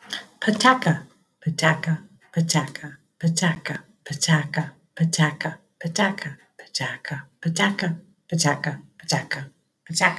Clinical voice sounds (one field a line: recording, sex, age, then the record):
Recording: repeated syllables /pa ta ka/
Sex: female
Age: 50 to 59 years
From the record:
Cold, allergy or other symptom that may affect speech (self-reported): no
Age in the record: 59 years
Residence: United States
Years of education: 16